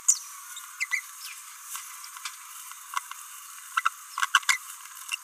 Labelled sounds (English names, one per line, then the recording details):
Green-rumped Parrotlet babbling
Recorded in a nest box in Venezuela
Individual 18B17A4